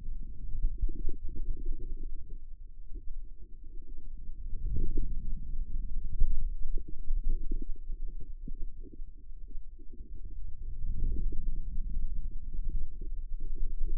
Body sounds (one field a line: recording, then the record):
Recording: forearm muscle sounds (acoustic myography)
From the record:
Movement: ulnar deviation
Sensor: system 2, bracelet of six BSWA MPA416 microphones around the upper forearm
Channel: 5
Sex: female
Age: 25 years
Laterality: right